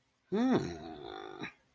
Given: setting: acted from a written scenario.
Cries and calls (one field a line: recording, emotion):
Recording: vocal sound without words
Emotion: confusion